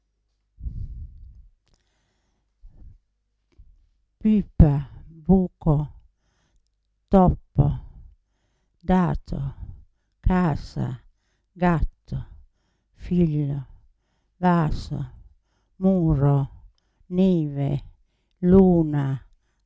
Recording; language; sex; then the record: read list of words; Italian; female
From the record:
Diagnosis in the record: Parkinson's disease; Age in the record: 80 years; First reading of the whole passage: 169 s, 3.1 characters per second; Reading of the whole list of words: 101 s, 2.8 characters per second